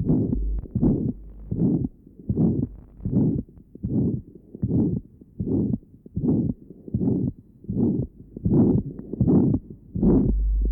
A ventricular septal defect. Recording taken at left sternal edge. Note the pansystolic murmur at this area.